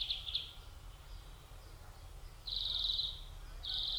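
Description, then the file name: European greenfinch giving short buzzy trilled notes: a brief double chirp, then two longer buzzing trills. "Chloris chloris"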